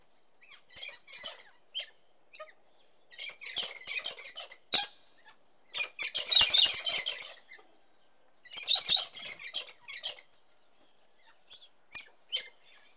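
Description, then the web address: Cockatoo squawks, harsh scratchy chattering bursts broken by short pauses, with a few louder screechy notes. "papagal kakadu izdava zvuci"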